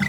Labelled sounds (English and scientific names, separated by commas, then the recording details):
Green-rumped Parrotlet (Forpus passerinus) babbling
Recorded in a nest box in Venezuela
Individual 18B25A3